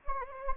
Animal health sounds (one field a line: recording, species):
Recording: mosquito wingbeat signal from an infrared sensor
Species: Anopheles gambiae